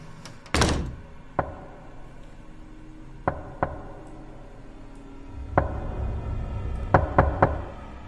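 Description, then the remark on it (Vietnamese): Sharp knocks on a wooden house door at three in the morning on a winter night, about eight in all, coming singly and in quick pairs with pauses between. The first is a heavy thud, and a low rumble swells near the end. “ở bên ngoài cửa nhà lão Tính bỗng nhiên vang lên tiếng gõ cửa”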